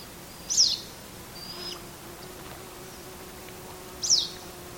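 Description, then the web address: Bird calls: two thin, high chirps sweeping steeply downward, about three and a half seconds apart, with fainter short notes between over a low, quiet hum. "Deverinetal 2025 File origin Bird Only"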